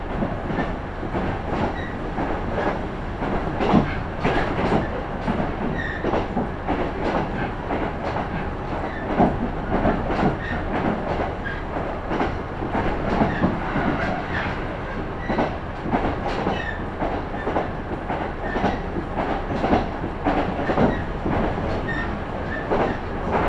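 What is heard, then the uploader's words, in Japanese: Recorded inside a train on a regional line, a steady rumble fills the whole stretch with dense, continuous wheel and track noise. Frequent sharp clicks and rattles from the rails come through at an uneven pace, with a low hum underneath throughout. 久大本線 田主丸→久留米。田主丸から久留米まではずっと久留米市内を走ります。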